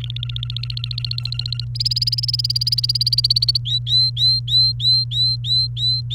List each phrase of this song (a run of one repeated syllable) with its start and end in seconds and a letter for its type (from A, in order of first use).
0.00-1.65 A, 1.75-3.57 B, 3.65-6.14 C